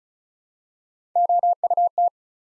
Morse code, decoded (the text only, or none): OUT